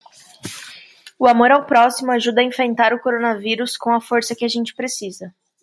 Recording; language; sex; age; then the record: spoken sentence; Brazilian Portuguese; female; 20 to 29 years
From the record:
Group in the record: control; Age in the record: 24 years